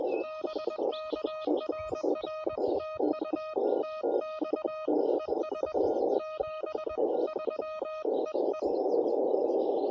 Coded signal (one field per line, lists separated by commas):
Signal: Morse code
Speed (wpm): 20 wpm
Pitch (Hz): 1250 Hz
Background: music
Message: BK RR TU TX ES 73 EE